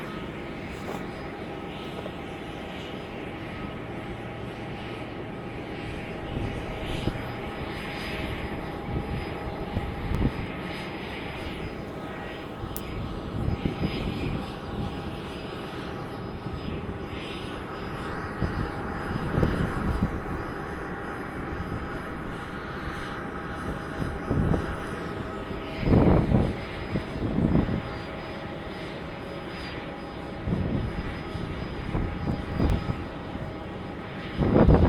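Sounds of an airfield, with a constant low engine drone running throughout. A steady hum with faint tonal lines sits underneath, while louder, rougher bursts of engine noise come and go, clustering around the middle and the last ten seconds as if an aircraft is revving.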